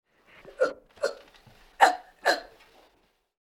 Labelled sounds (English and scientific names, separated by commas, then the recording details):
Chimpanzee (Pan troglodytes)
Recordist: Tembrock, Günter
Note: Begrüßungslaute eines einjährigen Männchens